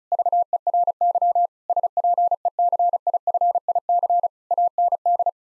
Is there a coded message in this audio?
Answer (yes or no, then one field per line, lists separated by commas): yes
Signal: Morse code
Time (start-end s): 0.1-5.3 s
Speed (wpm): 36 wpm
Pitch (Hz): 700 Hz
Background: none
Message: VERY SPECIFIC AND